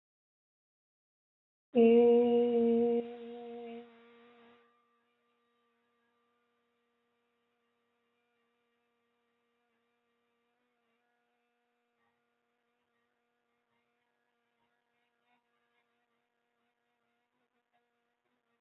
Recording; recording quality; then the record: sustained vowel as in made; excellent, no background noise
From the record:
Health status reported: healthy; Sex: female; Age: 21 years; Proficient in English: yes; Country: India